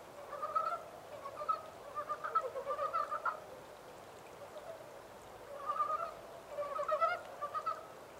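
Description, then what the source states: Montane brown frog croaks: a run of rattling pulsed notes, a quiet gap of about two seconds, then another cluster of calls. 14 April 2010.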